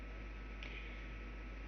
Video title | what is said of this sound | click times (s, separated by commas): How to install an Austral fold down clothes line | raise the arm up until it clicks into place | 0.6 s